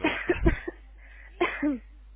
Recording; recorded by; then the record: voluntary cough; telephone call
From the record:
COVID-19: positive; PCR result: self-reported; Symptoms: no